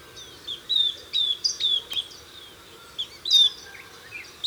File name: Camptostoma obsoletum - Southern Beardless Tyrannulet